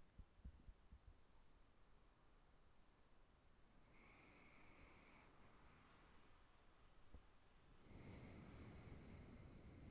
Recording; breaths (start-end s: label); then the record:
nose breathing near a microphone
3.66-6.40 s: inhalation
7.80-9.91 s: exhalation
From the record:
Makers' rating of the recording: good